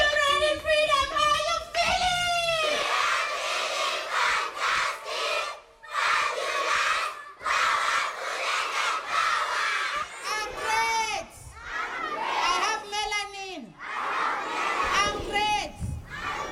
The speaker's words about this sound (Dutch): Ik ben geweldig. Ik ben Afrikaans. Ik heb melanine of zwart pigment. Dat roepen de kinderen hier.